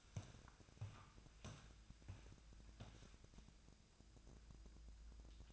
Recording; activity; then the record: daily activity, microphone in the room; walk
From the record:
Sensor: 2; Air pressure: 1012.0 hPa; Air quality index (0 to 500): 172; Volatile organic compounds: 2 ppm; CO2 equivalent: 1258 ppm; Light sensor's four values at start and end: 92/213/99/124 and 44/116/49/55